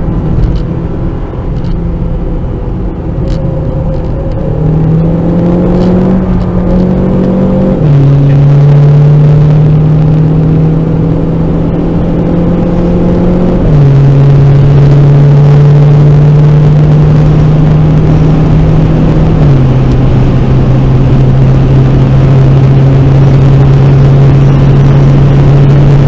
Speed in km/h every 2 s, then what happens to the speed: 93, 91, 96, 103, 120, 124, 134, 146, 151, 158, 163, 168, 171.
0-26 speeds up to 171.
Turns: 0-6.